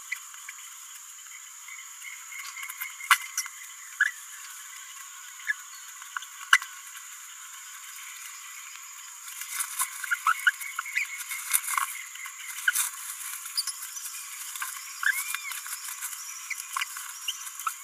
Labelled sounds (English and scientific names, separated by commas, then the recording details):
Green-rumped Parrotlet (Forpus passerinus) babbling
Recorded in a nest box in Venezuela
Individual 18B17A4